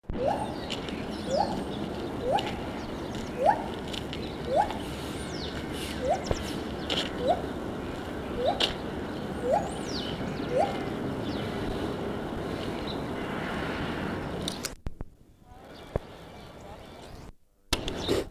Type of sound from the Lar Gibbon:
call